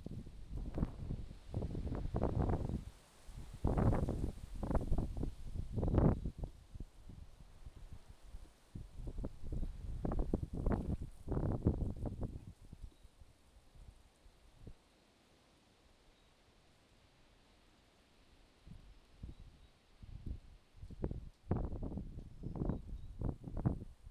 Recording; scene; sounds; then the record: everyday scene through a hearing-aid microphone; wind on the microphone; wind, traffic, birds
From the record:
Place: suburban garden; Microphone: in the ear canal, left